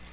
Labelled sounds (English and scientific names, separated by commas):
Nashville Warbler (Leiothlypis ruficapilla) flight call